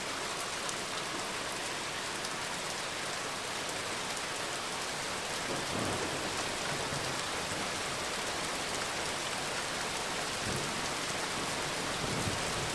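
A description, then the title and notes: Rain patters steadily on a verandah roof, a dense, even hiss of drops with fine bright ticks scattered throughout. The level rises slightly around the middle and holds there, with a few fuller splashes near six and ten seconds. A Storm from a Verandah in Cologne. This episode begins with the sound of the raindrops hitting the verandah roof, a gentle pitter-patter that gradually builds in intensity as the storm intensifies.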